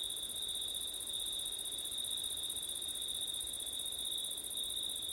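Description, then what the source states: Crickets trill continuously in a shrill, even chorus, two high pitch layers holding steady over faint background hiss. Crickets recorded on a windy September night.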